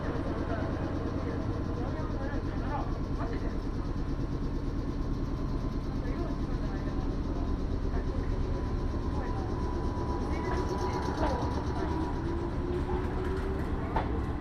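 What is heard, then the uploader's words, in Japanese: A train ride on the Fukuen Line, from Fukuyama toward Dojo. A dense, steady low rumble runs the whole time at an even level, with a faint held tone above it and scattered small clicks. Near the end a soft whine slowly rises in pitch. 鉄道旅 福塩線 福山→道上。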